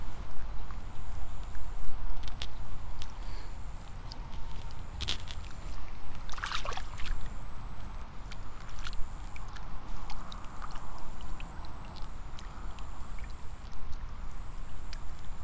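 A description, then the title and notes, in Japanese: Rice seedlings are being pulled in the evening, with a steady low rumble underneath throughout. Short rustling and splashing sounds come every few seconds, the fullest around six to seven seconds in, and a faint thin high tone hangs steadily above. イネ苗取り ブユのいない気持ち良い夕方。いよいよ今年の手植え田んぼも大詰め。夕方、イネの苗取り。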